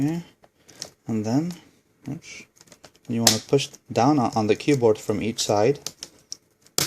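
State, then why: Seated. A plastic laptop keyboard for a Toshiba Satellite L755D-S5163 is set into its palmrest frame clips with its ends first, then pressed down from each side while someone talks. A loud, sharp snap at 6.8 seconds marks the keyboard clipping into place, and it is seated.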